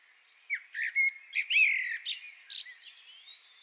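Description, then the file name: Common blackbird song beginning after half a second: soft fluted whistles followed by a scratchy, high-pitched twittering ending. "Turdus merula"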